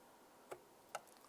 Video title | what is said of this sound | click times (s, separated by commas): How to Replace Ignition Coil Boot 2011-2017 Honda Odyssey | you can fill the lock into place and do the same on this side | 1.0 s